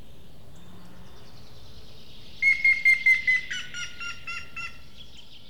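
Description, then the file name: Grey-headed woodpecker calling a run of whistled notes that sink slightly in pitch and grow softer, after a quiet opening with faint background hum. "hamvas küllő dobolás és kiáltás"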